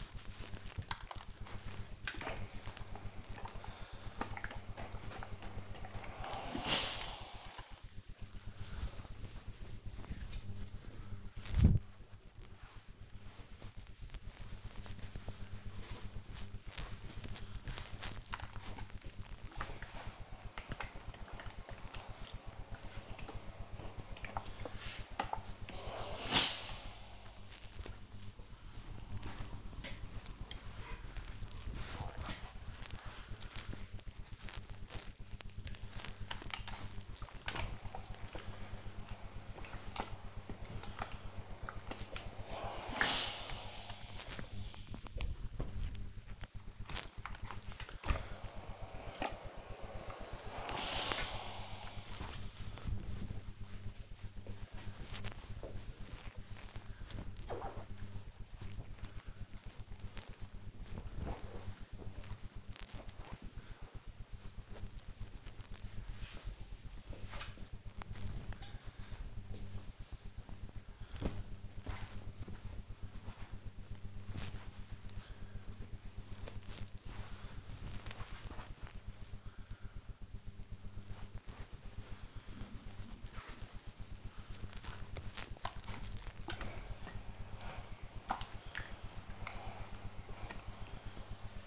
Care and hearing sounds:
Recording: household activities, microphone on the right wrist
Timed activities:
0.00-57.68 s: ironing laundry
72.75-91.67 s: ironing laundry

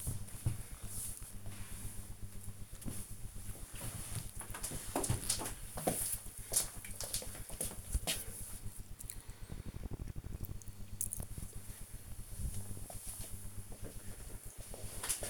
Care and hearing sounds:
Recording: household activities, microphone on the right wrist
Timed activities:
0.00-1.57 s: folding laundry

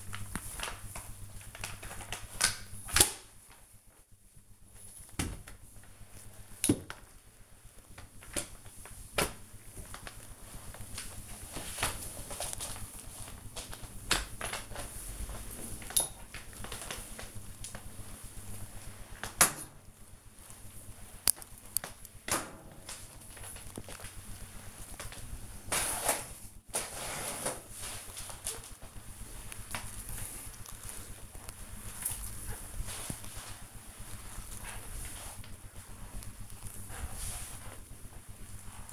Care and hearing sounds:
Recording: household activities, microphone on the right wrist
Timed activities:
0.00-38.93 s: floor cleaning

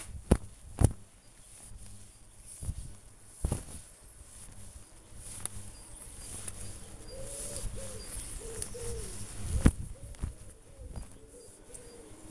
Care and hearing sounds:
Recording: household activities, microphone on the right wrist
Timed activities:
0.00-12.31 s: window cleaning

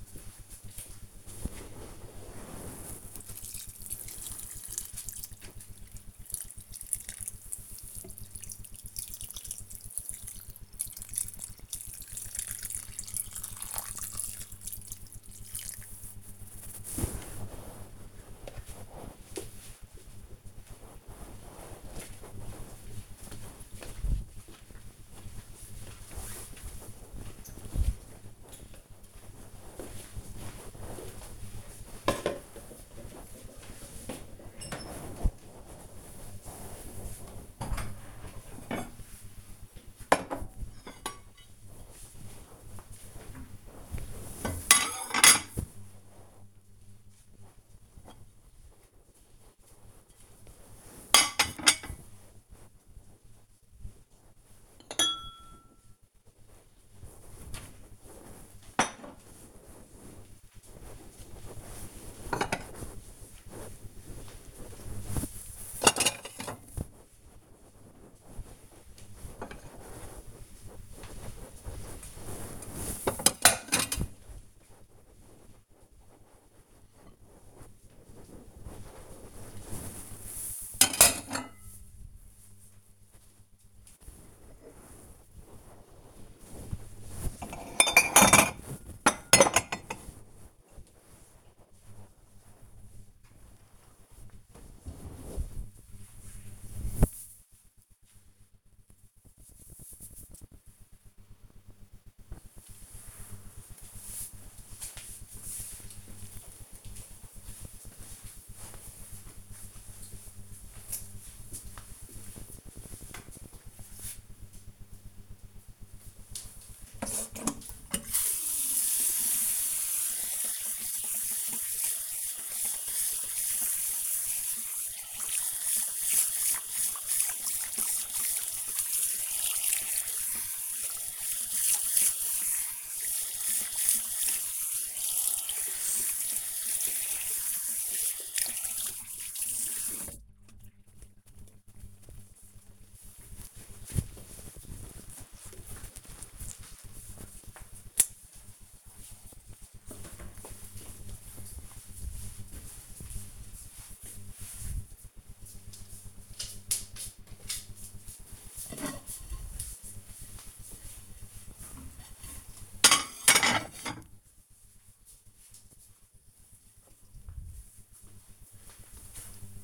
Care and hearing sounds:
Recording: household activities, microphone on the right wrist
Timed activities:
0.00-17.10 s: watering plant
37.21-93.45 s: putting away the dishes
115.55-141.66 s: washing hands
156.73-169.64 s: putting away the dishes

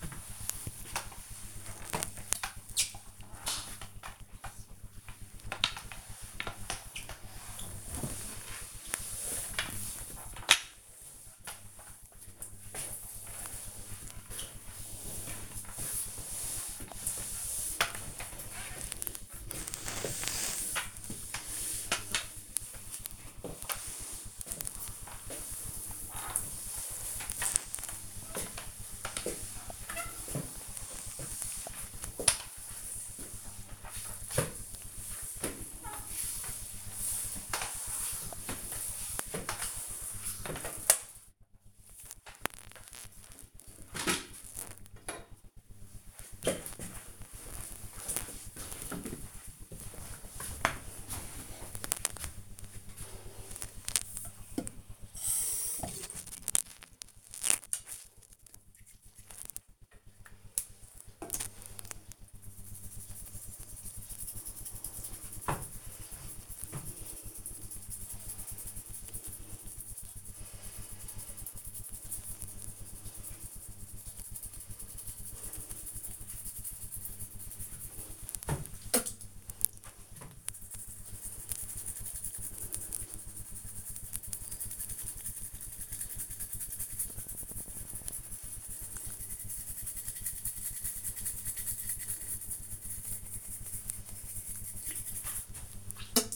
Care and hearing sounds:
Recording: household activities, microphone on the right wrist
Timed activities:
0.00-41.74 s: floor cleaning
52.80-96.36 s: brushing teeth

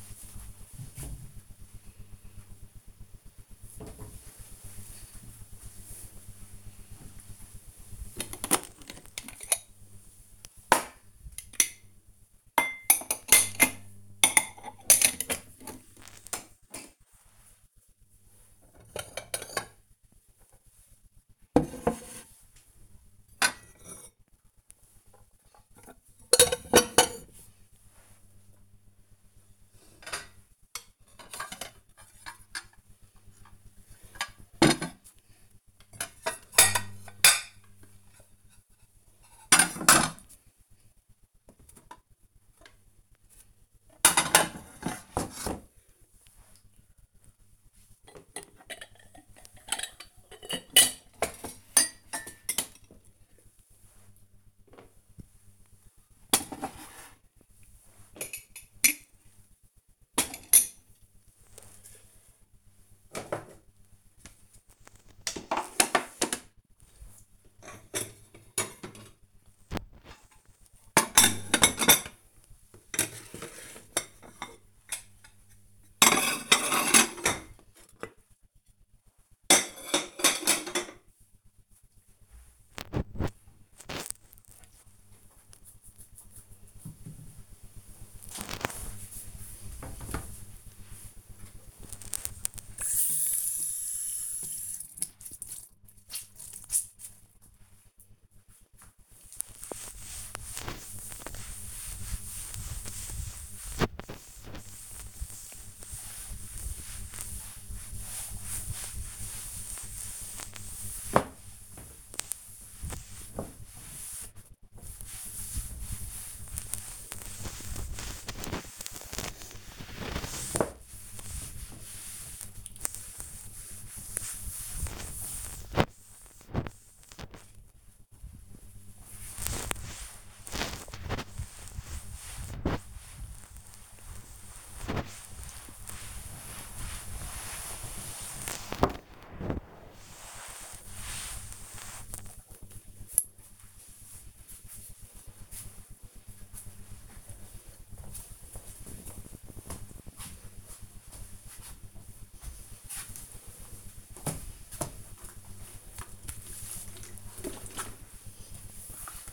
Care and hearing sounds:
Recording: household activities, microphone on the right wrist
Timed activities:
2.97-84.46 s: putting away the dishes
90.50-139.83 s: cleaning table
155.91-159.33 s: window cleaning

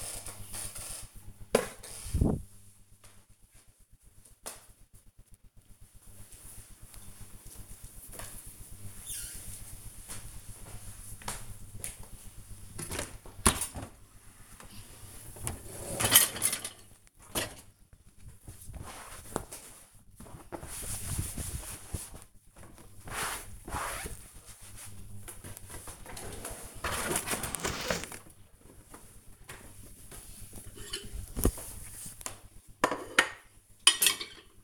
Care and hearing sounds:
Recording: household activities, microphone on the right wrist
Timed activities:
11.55-34.64 s: cleaning out the dishwasher

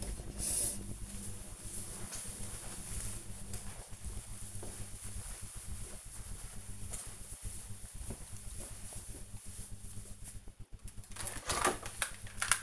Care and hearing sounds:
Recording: household activities, microphone on the right wrist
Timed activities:
11.03-12.62 s: vacuum cleaning

